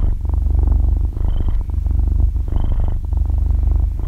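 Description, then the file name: Cat purr: continuous low vibrating drone rising and falling with breathing, a faint thin high tone appearing briefly on some breaths. Cat breathing with a purring sound, described in Vietnamese as 'thở kêu rù rù'. "tieng meo tho keu ru ru"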